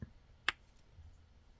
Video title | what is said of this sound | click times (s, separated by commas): Dollar Tree - Donut - For Lefties - Crafter's Square Crochet Kit | Slip that on. And you're going to hear it snap. | 0.5 s